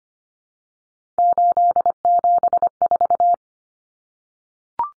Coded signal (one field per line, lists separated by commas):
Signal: Morse code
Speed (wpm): 25 wpm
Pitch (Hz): 700 Hz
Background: none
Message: 874